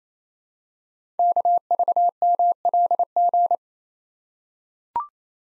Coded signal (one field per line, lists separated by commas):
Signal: Morse code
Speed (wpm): 29 wpm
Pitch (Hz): 700 Hz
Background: none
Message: KVMLG